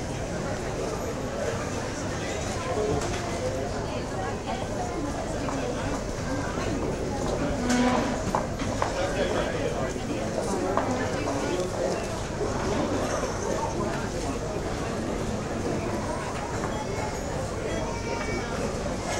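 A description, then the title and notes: A city coffee shop full of overlapping chatter, a steady dense murmur of many voices with no single speaker standing out. Small clinks and brief knocks surface now and then, with a slightly louder moment around eight seconds. City Coffee Shop.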